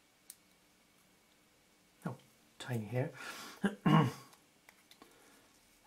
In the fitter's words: has to click into place no time